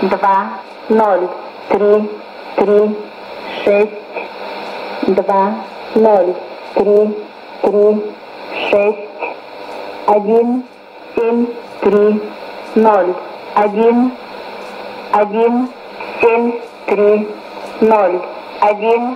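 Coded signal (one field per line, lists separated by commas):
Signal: numbers station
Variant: S06s, Russian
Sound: female voice reading short evenly spaced Russian number words, about one per second, over static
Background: radio static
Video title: 12 09 2018 S06s Russian Lady numbers station in Russian to Eu 0834 on 9255 unknown tx site USB+AM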